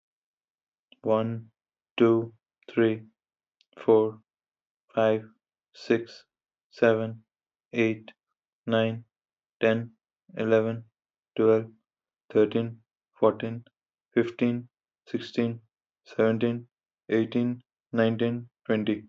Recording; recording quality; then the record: counting at a normal pace; excellent, no background noise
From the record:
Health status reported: healthy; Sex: male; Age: 23 years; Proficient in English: yes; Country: India